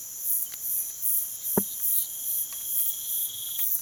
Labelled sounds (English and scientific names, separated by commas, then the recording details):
none
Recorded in pastures near Puerto Asís, Putumayo, Colombia, on 19 June 2025 at 05:00
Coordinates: 0.487, -76.322
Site H26